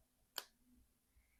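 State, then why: Seated. A plastic ball joint is pushed into a socket hole on the model and seats with one sharp, bright click at 0.4 s. Only faint low handling noise follows, and no one talks.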